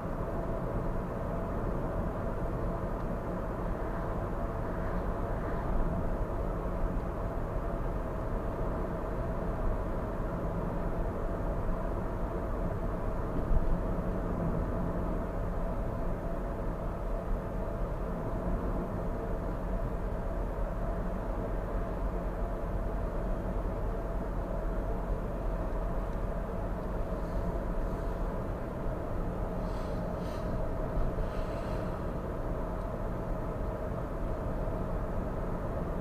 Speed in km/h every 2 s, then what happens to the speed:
60, 60, 60, 60, 61, 61, 60, 60, 60, 61, 61, 61, 61, 60, 59, 59, 59, 59.
0-36 steady at about 60.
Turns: none.